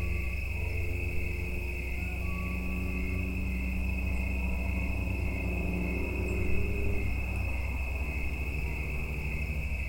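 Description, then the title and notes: Steady insect drone, high and continuous, with faint humming tones in the lower range and a low background rumble. Insects giving mating calls in the evening in late summer and autumn at Watts Ranch in the United States; insects near the end of their lives. "Autumn insects on Watts Ranch. In much of the United States, insects start calling in the evening in late summer and into autumn. Recorded by Neal Johnson. Part of the Music for Sleep project"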